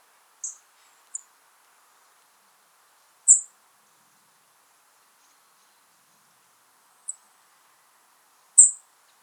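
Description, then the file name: European robin calls: five short, very high thin notes at irregular intervals, some loud and some faint, over near silence. "Erithacus rubecula"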